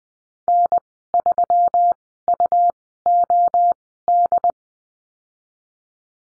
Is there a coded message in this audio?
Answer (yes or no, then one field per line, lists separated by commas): yes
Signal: Morse code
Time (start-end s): 0.5-4.5 s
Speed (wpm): 20 wpm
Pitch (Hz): 700 Hz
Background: none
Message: N3UOD